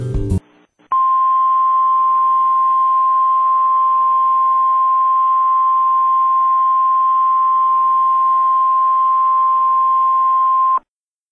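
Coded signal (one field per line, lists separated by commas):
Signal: Emergency Alert System (SAME) tones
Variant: 1050 Hz attention tone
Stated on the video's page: Fictional EAS scenario of a nuclear attack.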